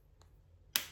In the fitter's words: So, that satisfying little click lets me know, okay, that's a good cap.